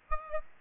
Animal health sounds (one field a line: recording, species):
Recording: mosquito wingbeat signal from an infrared sensor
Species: Aedes aegypti